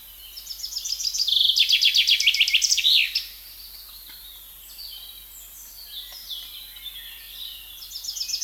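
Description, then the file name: Common chaffinch song, a bright rattling trill of repeated notes dropping in pitch and closing with a quick flourish, followed by faint birdsong and the start of another phrase. "Fringilla coelebs"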